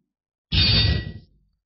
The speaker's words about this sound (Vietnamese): Một tiếng kiếm rung keng vang lên, rút ra lồng vàng hắc kim thánh linh kiếm lập tức vỗ xuống.